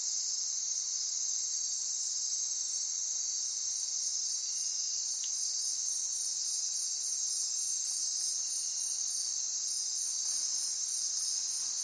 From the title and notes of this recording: Night in the rainforest. The rainforest comes alive with sound at night.